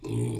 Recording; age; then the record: pig call; weaner (32 to 43 days)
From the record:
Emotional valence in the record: negative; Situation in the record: long isolation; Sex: female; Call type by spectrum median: low-frequency call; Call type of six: low-frequency stable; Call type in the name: low-frequency stable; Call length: 0.41 s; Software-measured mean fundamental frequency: 52 Hz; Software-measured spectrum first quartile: 124 Hz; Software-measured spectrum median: 253 Hz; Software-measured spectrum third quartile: 573 Hz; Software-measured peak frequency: 318 Hz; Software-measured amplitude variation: 104 dB a second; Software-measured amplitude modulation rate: 25.9 a second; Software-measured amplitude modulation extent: 4.0 dB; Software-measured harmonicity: 4.7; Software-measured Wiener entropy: -0.59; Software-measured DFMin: 1020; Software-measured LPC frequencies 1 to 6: 309, 2392, 3402, 4101, 4981, 5842 Hz